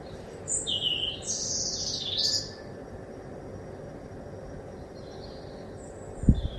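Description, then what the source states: Bird song: high, thin whistled phrases shifting between pitches for about two seconds, then faint high notes over a low hum and a single dull knock near the end. Recorded at 1 am through a kitchen window.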